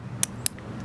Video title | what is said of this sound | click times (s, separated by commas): Night Evolution's Modular personal Lighting system Red/Infared | and then it'll click into | 0.2 s, 0.5 s